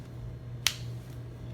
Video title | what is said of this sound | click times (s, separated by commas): My Favorite Backpacking Gear of 2016 | there's a very nice attachment system that just slides in and it locks | 0.7 s